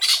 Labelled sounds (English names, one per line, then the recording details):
Brown-throated Parakeet contact call
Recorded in Venezuela